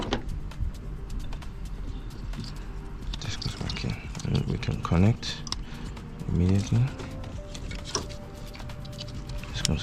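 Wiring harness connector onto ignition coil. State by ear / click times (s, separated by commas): seated / 9.7 s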